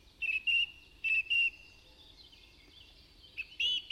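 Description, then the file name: Budgerigar calls: short, level whistled notes in close pairs, then a quieter wavering warble and a few bright chirps at the close. "Budgie Sounds"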